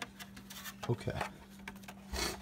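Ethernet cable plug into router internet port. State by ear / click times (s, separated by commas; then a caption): seated / 0.0 s. An Ethernet cable plug is pushed into a router's internet port and snaps into place with a click at 0.0 s, seating the plug. A few faint rubbing and tapping sounds follow under a steady low hum, and someone talks briefly.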